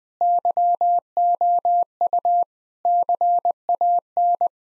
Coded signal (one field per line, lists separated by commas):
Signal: Morse code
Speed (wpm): 21 wpm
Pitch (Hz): 700 Hz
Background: none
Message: YOU CAN